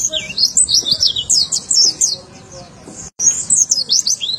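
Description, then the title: White-eye giving rapid, high, squeaky chirps and slurred whistles in a busy warbling run, pausing briefly before a final burst. "Pleci"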